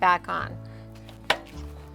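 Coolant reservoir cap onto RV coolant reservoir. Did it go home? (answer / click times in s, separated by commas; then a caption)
yes / 1.3 s. Someone talks briefly, then a plastic coolant reservoir cap is pushed back onto an RV coolant reservoir by hand after topping off the coolant. It snaps into place with a sharp click at 1.3 s, and the cap is seated.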